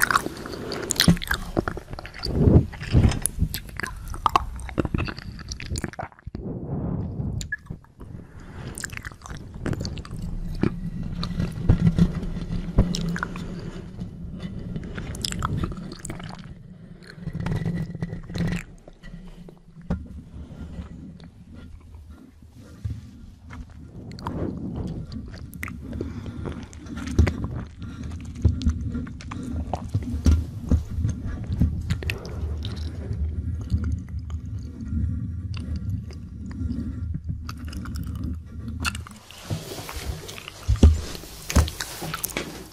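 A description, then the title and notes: Wet kissing mouth sounds repeat throughout, with short smacks and pops arriving every second or so over a low, steady murmur. The sounds are soft and moist, with occasional sharper clicks and a denser burst of smacking near the end. KISSING MOUTH SOUNDS.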